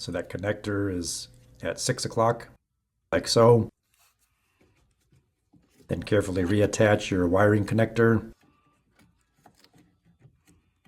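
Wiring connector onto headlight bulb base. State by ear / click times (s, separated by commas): not seated / none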